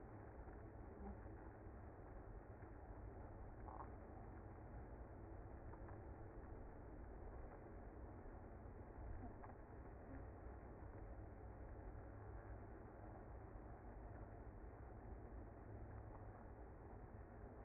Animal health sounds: honeybee colony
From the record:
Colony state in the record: active

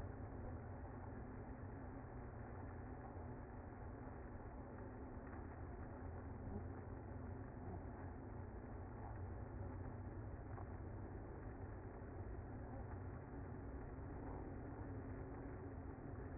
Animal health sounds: honeybee colony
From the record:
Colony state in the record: active

